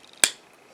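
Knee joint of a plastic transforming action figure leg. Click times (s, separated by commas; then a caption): 0.2 s. The knee section of a plastic Transformers Skullcruncher (Walmart exclusive) action figure's leg is pushed during transformation, giving a single sharp, bright click at 0.2 s that fades quickly into quiet. The knee joint clicks into place.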